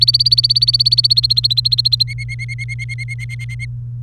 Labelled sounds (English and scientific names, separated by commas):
Domestic Canary (Serinus canaria) song